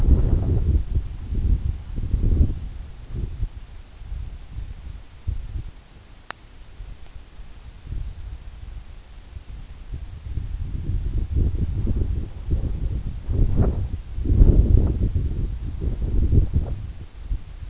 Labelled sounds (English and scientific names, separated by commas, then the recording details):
none
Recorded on Arctic tundra, site EABA-1, on 27 June 2018
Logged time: 12:00